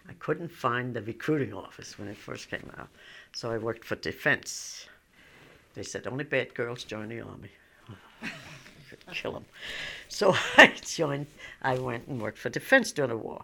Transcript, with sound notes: I couldn't find the recruiting office when I first came out, so I worked for defense. They said, "Only bad girls join the army." ( she laughs ) I could kill them. So I joined, I went and worked for Defense during the war.